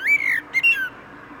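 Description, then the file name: Common blackbird giving a long, slowly falling whistle followed by two shorter whistled notes, then quiet. "Turdus merula"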